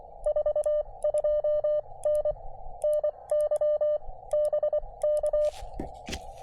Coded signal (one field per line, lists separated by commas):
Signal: Morse code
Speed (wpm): 23 wpm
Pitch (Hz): 590 Hz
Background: none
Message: 42N NY BK